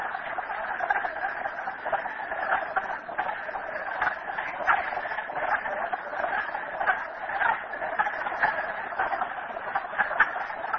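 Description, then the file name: Frog chorus, dense overlapping clucking notes running continuously, with occasional stronger calls popping above the mass. Recorded at Merryspring. "frogs merryspring 42008"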